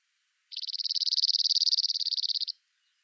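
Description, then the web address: Cirl bunting delivering a single fast, even rattle of rapid identical notes on a steady high pitch for about two seconds, with silence before and after. "emberiza cirlus call"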